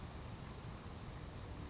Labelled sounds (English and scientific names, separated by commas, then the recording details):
California Towhee (Melozone crissalis)
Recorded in Sonoma County, California